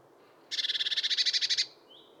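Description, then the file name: Eurasian blue tit churring call: one fast scratchy rattle of many notes lasting about a second, followed by a faint thin whistle. "Cyanistes caeruleus"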